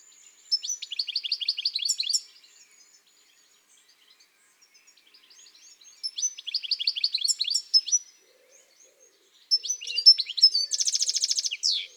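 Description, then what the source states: European goldfinch song in three short bursts of liquid twittering notes, each about two seconds, the last ending with a fast buzzy trill, separated by quiet gaps. Garden bird.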